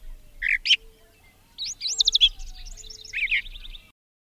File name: suara-kicauan-brown-thraser omkicau